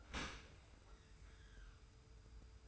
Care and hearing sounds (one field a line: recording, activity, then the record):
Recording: daily activity, microphone in the room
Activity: open dishwasher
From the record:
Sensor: 2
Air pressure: 991.2 hPa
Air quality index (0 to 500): 144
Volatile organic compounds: 318 ppm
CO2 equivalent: 4520 ppm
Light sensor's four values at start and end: 42/119/47/45 and 42/119/47/45